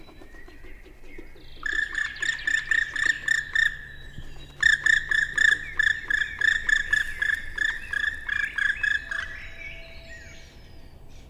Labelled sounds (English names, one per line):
Black Woodpecker flight call